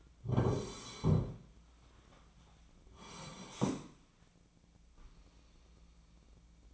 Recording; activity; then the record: daily activity, microphone in the room; sit down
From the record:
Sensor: 1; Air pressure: 1009.2 hPa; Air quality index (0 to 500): 177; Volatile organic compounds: 3 ppm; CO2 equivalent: 1491 ppm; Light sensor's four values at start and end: 40/106/44/52 and 43/113/47/56